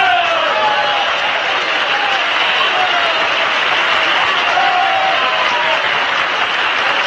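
An audience applauds a speaker without pause for about seven seconds, a dense, even wash of clapping that stays loud throughout, with faint voices mingling underneath.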